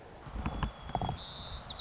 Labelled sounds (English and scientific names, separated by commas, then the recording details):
White-crowned Sparrow (Zonotrichia leucophrys)
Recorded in Sonoma County, California